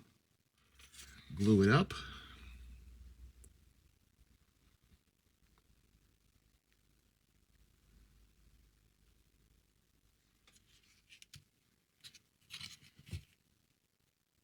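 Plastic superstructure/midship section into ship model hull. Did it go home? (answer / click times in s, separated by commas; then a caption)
no / none. Someone talks while handling the glued plastic superstructure and midship section of a Revell 1:600 scale S.S. United States model kit (H-312:198, 1955 release) over its hull, followed by light rustling and a few short, sharp handling taps near the end. The part has not clicked or seated into the hull yet.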